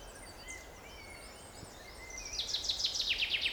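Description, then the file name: Common chaffinch song: a loud series of quick, high, descending strokes beginning partway through, after faint scattered chirps and a steady background hiss. "Fringilla coelebs"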